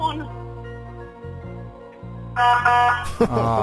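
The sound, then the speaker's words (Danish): A harsh, buzzy horn blares in steady bursts over a low droning hum, growing louder and brighter partway through before cutting off abruptly. “Jeg kom nu lige med hornet igen.”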